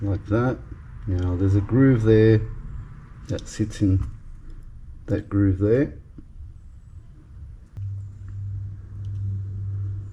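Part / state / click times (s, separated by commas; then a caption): metal part seating into a groove in a spinning fishing reel / not seated / none. During reassembly of a Shimano Vanford 2500HG spinning reel in a full teardown and bearing upgrade, a small metal part is handled toward the groove it sits in. Someone talks over a low hum, and faint small ticks come near 7.8, 8.3 and 9.1 seconds. Nothing has seated or clicked into the groove yet.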